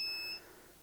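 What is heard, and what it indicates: A single short high-pitched electronic beep lasting about a third of a second: an electrotherapy unit acknowledging a press of its leftmost key, which selects the treatment program (prescription), here prescription 4.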